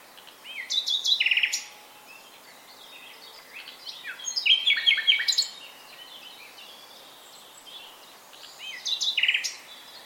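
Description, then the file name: Common nightingale singing three separate phrases a few seconds apart, each a quick run of sharp repeated notes and chirps, with a faint low whistle early on. "Luscinia megarhynchos"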